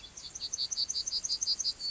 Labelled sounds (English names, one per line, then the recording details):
Yellowhammer song
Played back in grassland
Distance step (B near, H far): E
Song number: 143